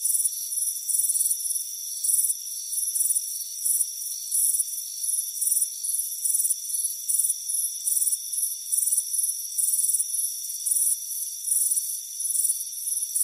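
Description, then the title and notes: Crickets chirping in high, rapid pulsed bursts about once or twice a second, over steady high-pitched insect tones humming continuously underneath. Crickets chirping on a warm afternoon on a front porch. "Soothing Crickets Chirping Sound. It's a warm afternoon as you relax in a hammock on the front porch. Deep Sleep Sounds"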